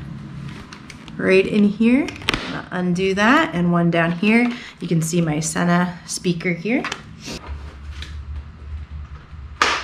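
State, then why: Released. Someone talks while working the last press-stud on a motorcycle helmet's foam-and-fabric cheek guard, which is snapped to the plastic shell. At 9.6 s the snap pops open with a sharp click, releasing the stud so the cheek pad comes out.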